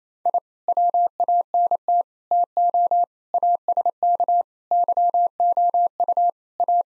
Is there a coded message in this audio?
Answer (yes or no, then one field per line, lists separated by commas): yes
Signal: Morse code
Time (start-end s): 0.3-6.8 s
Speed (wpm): 27 wpm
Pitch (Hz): 700 Hz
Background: none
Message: I WANT TO ASK YOU A